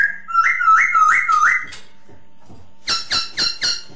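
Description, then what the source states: Masked laughingthrush giving about five quick rising whistled notes in a row, a pause, then four sharper, harsher notes. Lure sound (Indonesian 'suara pancingan') of the Poksay Hongkong.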